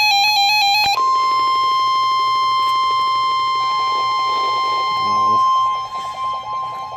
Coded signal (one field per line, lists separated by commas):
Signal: Emergency Alert System (SAME) tones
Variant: 1050 Hz attention tone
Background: music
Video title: NOAA - Severe Thunderstorm Warning (EAS #1,546) READ DESCRIPTION!